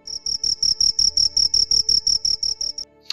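Cricket giving rapid, high, shrill chirps in an even run, then stopping.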